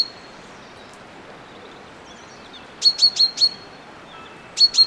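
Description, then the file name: Common chaffinch giving a quick burst of four short, sharp high notes, then two more near the end, over a faint steady high tone and quiet background hiss. "Fringilla coelebs"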